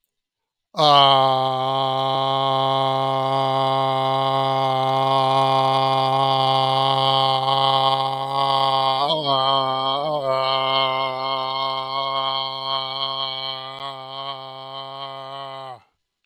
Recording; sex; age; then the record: vowel held as long as possible; male; 50 to 59 years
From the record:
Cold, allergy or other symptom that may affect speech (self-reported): no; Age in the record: 55 years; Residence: New Mexico, United States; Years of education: 16